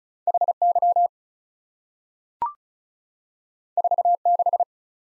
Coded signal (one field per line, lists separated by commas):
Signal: Morse code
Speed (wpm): 36 wpm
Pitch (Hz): 700 Hz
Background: none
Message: H Y 4 6